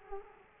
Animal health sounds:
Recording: mosquito wingbeat signal from an infrared sensor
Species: Culex quinquefasciatus

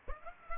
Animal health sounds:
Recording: mosquito wingbeat signal from an infrared sensor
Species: Aedes aegypti

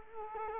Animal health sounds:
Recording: mosquito wingbeat signal from an infrared sensor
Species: Culex quinquefasciatus

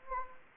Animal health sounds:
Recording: mosquito wingbeat signal from an infrared sensor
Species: Anopheles gambiae

